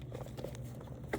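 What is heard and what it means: On a Range Rover 3.0 V6, a new plastic PCV valve cover, replaced over fault codes P0171 and P0173, has its tabs lined up and is pressed down onto the engine valve cover. A low steady hum runs under a few faint taps and rustles early on, then one sharp click at 1.1 s as the cover seats home.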